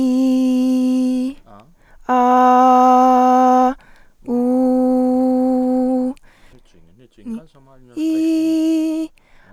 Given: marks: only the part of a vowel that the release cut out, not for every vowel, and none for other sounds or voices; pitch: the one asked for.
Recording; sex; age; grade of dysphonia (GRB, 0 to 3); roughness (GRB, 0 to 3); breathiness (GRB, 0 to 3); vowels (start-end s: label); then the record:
sustained vowels; female; 20 to 29 years; 1; 0; 1
0.00-1.14 s: vowel /i/, normal pitch
2.17-3.62 s: vowel /a/, normal pitch
4.40-5.99 s: vowel /u/, normal pitch
8.07-8.97 s: vowel /i/, high pitch
From the record:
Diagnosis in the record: hyperfunctional dysphonia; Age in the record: 21 years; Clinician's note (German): Leichte hyperfunktionelle Dysphonie